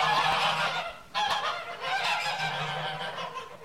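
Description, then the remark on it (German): A flock of 75 startled geese, crowding together in a corner of a barn, honks loudly and continuously, many overlapping nasal calls forming a dense, agitated din with a brief dip before the clamor resumes. No one speaks. “Einen Augenblick lang drängen sich die 75 Gänse verschreckt in einer Ecke des Stalls zusammen.”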